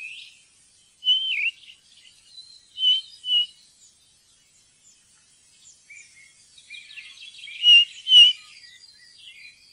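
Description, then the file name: Ring ouzel calls: scattered whistled notes and twittering fragments, with a denser chattering burst toward the end. "ringtrost"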